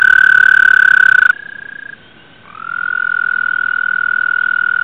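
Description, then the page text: American toad trills: a loud sustained musical trill stops abruptly, a quieter trill follows, a brief near-silence, then another steady trill rises in and continues. "звуки амфибий - Bufo americanus"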